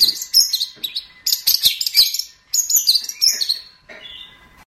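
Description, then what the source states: Long-tailed shrike song: rapid jumbled high notes and buzzy trills in several long bursts, ending with a softer, thinner phrase. Training recording for songbird keepers; master song.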